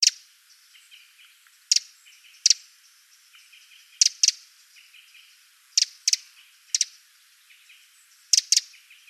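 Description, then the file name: Eurasian wren giving sharp, dry ticking calls, singly and in quick pairs, at irregular intervals, with faint chirps in the background. "Troglodytes troglodytes"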